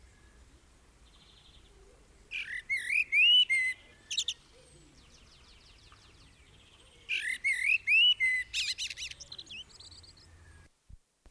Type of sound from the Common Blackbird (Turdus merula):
song